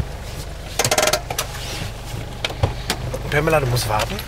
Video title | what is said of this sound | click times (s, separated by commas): Camping-Check: Tiny-Häuser, Oldtimer-Bullis und der eigene Campingplatz - ARD Reisen | * Handbremse rastet ein * | 0.8 s, 0.9 s, 1.0 s, 1.1 s